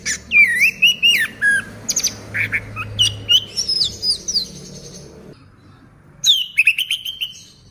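Orange-headed thrush singing a rich run of loud whistled phrases, sliding notes and quick chirps for about five seconds, then a pause before another burst of whistles.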